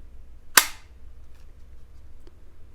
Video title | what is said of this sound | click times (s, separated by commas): CYA Supply Co. (The Best Budget Holsters Available?) | We'll see if we have that real audible snap. That's always nice to hear. | 0.6 s